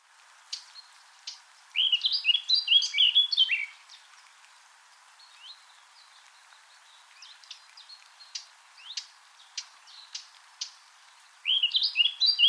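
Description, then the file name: Eurasian blackcap singing a fast, tumbling warble, then a pause filled with sharp, scattered calls, before another warbling phrase starts at the end. "Sylvia atricapilla"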